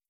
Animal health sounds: hydrophone in a shrimp aquaculture tank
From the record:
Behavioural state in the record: starved

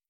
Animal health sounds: hydrophone in a shrimp aquaculture tank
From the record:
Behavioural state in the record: stressed

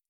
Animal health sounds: hydrophone in a shrimp aquaculture tank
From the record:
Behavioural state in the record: stressed

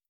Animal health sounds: hydrophone in a shrimp aquaculture tank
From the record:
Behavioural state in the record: starved

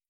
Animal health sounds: hydrophone in a shrimp aquaculture tank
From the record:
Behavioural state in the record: starved

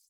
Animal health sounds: hydrophone in a shrimp aquaculture tank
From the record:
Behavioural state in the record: feeding

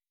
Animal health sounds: hydrophone in a shrimp aquaculture tank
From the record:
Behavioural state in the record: weakened

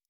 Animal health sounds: hydrophone in a shrimp aquaculture tank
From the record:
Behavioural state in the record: normal

